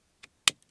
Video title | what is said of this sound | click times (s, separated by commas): PEMP Android 10.25" Screen for BMW E60 Installation | and it clicks into place so basically we have to hide this back here somewhere so that we have enough room | 0.5 s